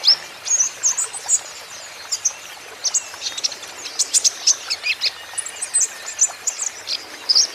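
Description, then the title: Van Hasselt's sunbird, scattered high squeaky chips and brief twittering runs, somewhat softer, over light background hiss. Green-plumaged (ijoan) bird singing actively (gacor); song used as a lure and therapy to prompt caged Van Hasselt's sunbirds to sing in reply. "KOLIBRI NINJA KONIN IJOAN GACOR COCOK UNTUK PANCINGAN TERAPI KONIN BAHAN PASTI NYAUT"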